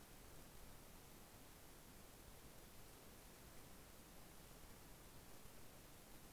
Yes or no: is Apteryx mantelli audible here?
no